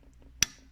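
A seat rail slide part on the front seat of a Golf MK2 is pushed along the front seat rail until it locks in at the front. A quiet low background hum gives way to one loud, sharp snap at 0.4 s. The part is seated.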